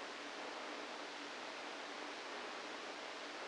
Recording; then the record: brain microelectrode recording played as sound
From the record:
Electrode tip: inside the subthalamic nucleus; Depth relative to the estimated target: -2 mm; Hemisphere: right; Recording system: NeuroSet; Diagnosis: Parkinson's disease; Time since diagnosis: 7 years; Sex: female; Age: 68 years